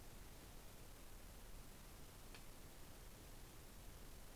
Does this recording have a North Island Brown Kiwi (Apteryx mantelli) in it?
no